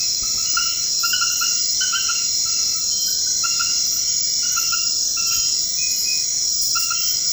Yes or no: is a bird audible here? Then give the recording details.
no. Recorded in dense forest near Puerto Asís, Putumayo, Colombia, on 19 February 2024 at 01:00. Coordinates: 0.472, -76.329. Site G6394